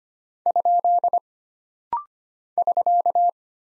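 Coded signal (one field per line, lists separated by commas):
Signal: Morse code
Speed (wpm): 25 wpm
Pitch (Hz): 700 Hz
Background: none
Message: ? <SK>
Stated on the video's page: Rapid-fire 25 wpm drill of single punctuation and prosign characters, each sent in Morse, spoken, then sent again.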